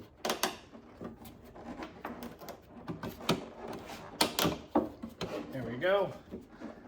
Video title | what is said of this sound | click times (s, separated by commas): Mercedes Benz E55 AMG w211 LED Plate Frame Lights and Trunk Lip/Spoiler Installation | can hear it kind of clicking into place there | 0.3 s, 0.4 s, 3.3 s, 4.2 s, 4.4 s, 4.8 s